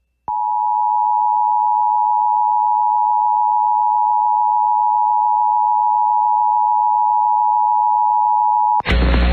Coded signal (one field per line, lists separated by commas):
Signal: Emergency Alert System (SAME) tones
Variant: 853 and 960 Hz attention tone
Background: music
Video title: EAS 3x Iowa Required Monthly Test NWS Sioux Falls/Des Moines Required Weekly Test NOAA Weather Radio